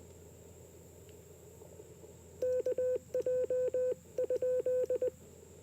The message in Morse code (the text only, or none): KJ?